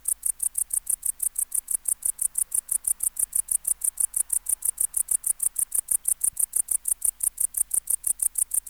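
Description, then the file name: Tettigonia hispanica bush-cricket song: a steady stream of high, dry buzzy pulses in rapid succession, continuing evenly without pause. "Tettigonia hispanica"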